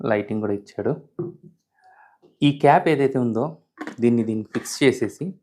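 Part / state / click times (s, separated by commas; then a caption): carry cap onto blender jar / not seated / none. A plastic travel carry cap is fitted onto the jar of a Blendlife Ultra blender while someone talks, with a brief faint sound near 1.8 seconds during a pause. The cap is being handled but has not seated or clicked home yet.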